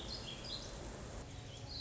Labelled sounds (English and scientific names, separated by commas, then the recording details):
Warbling Vireo (Vireo gilvus)
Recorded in Sonoma County, California